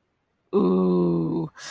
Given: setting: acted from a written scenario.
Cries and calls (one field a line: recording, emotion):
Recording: vocal sound without words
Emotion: desire